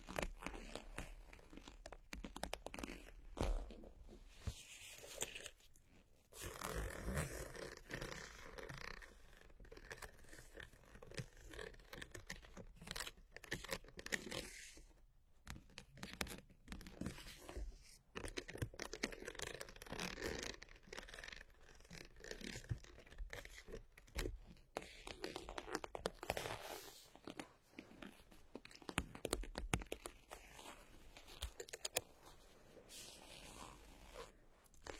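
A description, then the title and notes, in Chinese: Fingernails scratch and tap, producing dense, dry, crackly scraping with crisp clicks scattered throughout. The rhythm is irregular, with brief pauses near 6 and 15 seconds and a quieter stretch around 27 seconds. 指甲刮擦 敲击。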